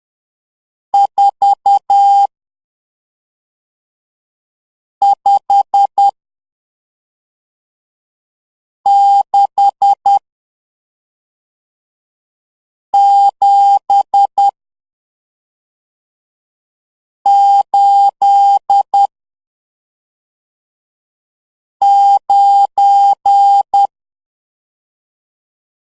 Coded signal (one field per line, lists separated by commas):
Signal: Morse code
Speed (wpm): 10 wpm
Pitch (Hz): 800 Hz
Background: none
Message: 4 5 6 7 8 9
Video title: #LEARN MORSE CODE #THALA AJITH #VIVEGAM